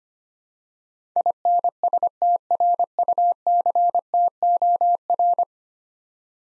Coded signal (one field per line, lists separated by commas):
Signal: Morse code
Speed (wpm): 25 wpm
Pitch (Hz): 700 Hz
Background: none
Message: INSTRUCTOR